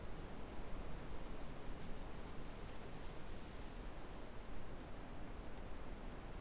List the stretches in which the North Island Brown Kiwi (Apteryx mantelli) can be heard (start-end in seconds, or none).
none